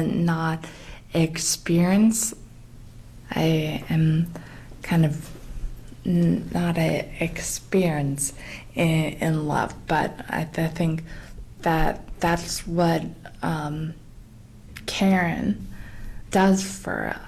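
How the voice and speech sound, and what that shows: A woman who has lived with aphasia for 19 years after a bike accident speaks slowly and haltingly, with long pauses, stretched sounds, fillers and a restarted phrase ("not experienced… not a experience"). This is the effortful word-finding difficulty of aphasia, a struggle with language and with word finding.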